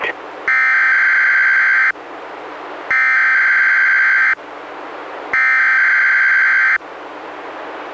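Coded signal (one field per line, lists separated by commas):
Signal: Emergency Alert System (SAME) tones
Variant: header bursts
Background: speech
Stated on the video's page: Required weekly tests issued by the weather service, relayed by a weather radio station, recorded from a Reecom R-1630 weather radio to computer via USB.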